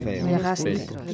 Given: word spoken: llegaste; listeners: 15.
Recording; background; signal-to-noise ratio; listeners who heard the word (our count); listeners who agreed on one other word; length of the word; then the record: one Spanish word in noise, from a listening test; four-talker babble; 0.3 dB; 4 of 15; 6 of 15; 0.74 s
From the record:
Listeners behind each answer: 6, 4, 3, 1, 1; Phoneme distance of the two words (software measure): 10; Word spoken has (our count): 3 syllables, 7 phonemes, stress on syllable 2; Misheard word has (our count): 3 syllables, 7 phonemes, stress on syllable 2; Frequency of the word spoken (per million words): 2.30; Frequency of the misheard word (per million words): 0.17